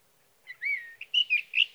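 Sage thrasher song, a quick run of varied warbled notes, a long slurred whistle followed by several short chirpy phrases in a mid-high register.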